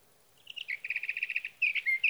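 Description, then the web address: Sage thrasher song, a rattling burst of rapid even notes followed by sharp, bright whistled slurs and chips in a continuous jumbled phrase. "birdsongforthecurious Sage Thrasher"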